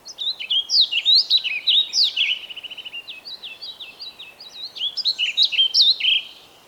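Bird song, a fast run of high chirping, warbling notes with rapid trills, in two bursts with a softer stretch between, over faint background hiss.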